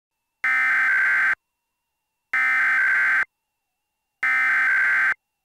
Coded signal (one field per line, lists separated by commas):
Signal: Emergency Alert System (SAME) tones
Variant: header bursts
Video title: EAS Mock #18: The Cascade's Big One